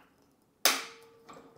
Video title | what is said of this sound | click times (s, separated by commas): Kingsmith Trainingsbank im Test 💪 All-in-One klappbare Hantelbank für Zuhause [Inkl. Seilzug] | And here too they click into place very well and are accordingly well fixed. | 0.7 s